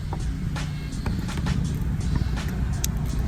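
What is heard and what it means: A stock headlight wire plug on a 10th gen Honda Civic is pushed into the plastic connector of an aftermarket DDM Tuning LED headlight bulb, with the plus and minus markings facing up. Over a steady low hum, small handling ticks are heard before a sharp snap at 2.8 s as the connector seats into place. Someone talks.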